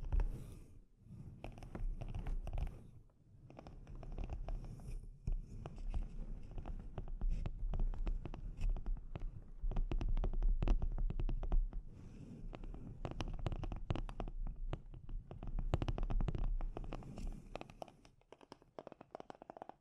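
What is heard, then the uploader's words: Delicate scratching and tapping on a microphone, with soft rubbing textures and dense clusters of sharp little clicks. The sound comes in uneven bursts with brief pauses near 1, 3 and 5 seconds, busiest between 15 and 18 seconds, then fades out. ASMR Delicate Mic Scratching and Tapping Triggers.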